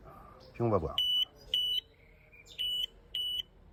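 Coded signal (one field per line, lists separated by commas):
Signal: none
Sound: an antenna analyzer's beeps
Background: speech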